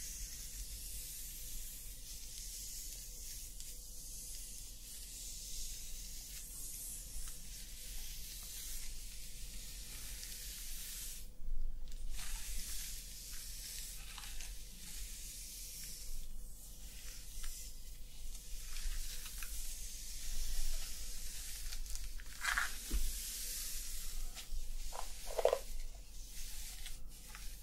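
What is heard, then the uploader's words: Hair brushing and scalp massage give a steady soft scratchy rustle, with a brief pause near 11 seconds and small clicks around 23–25 seconds. ASMR Playing With Your Hair Until You Sleep Hair Brushing, Scalp Massage & Hair Play.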